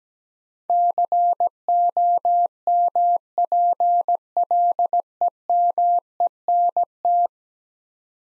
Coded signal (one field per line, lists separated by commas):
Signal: Morse code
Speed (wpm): 17 wpm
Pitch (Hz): 700 Hz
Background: none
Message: COMPLEMENT